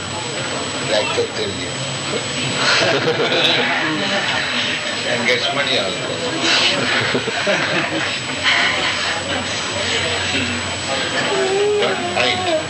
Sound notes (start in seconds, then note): 2.7 laughter; 6.7 laughter